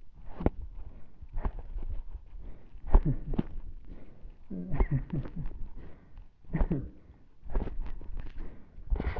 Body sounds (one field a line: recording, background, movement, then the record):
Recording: laughter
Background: quiet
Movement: sitting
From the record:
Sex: male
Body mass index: 20.5 kg/m2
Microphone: on the chest, facing the body